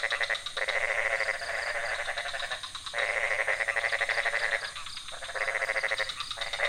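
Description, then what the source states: Frog chorus in repeated bursts of fast pulsed croaks with tonal overtones, separated by brief pauses. Several frog species calling at night in a pond near a hotel in Ubud, Bali, Indonesia; recorded with Sony PCM D50, Rode NT4 and boompole.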